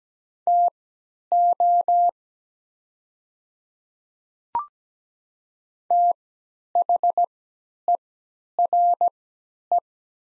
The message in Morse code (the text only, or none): TO THERE